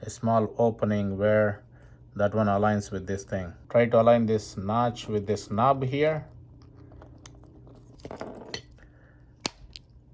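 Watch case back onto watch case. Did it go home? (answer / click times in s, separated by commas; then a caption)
yes / 9.5 s. After a battery change, someone talks while lining up the notch on a metal watch case back with the crown knob, followed by a few faint handling taps as it is pressed onto the watch case. A sharp, loud click at 9.5 s marks the case back snapping shut and seating closed.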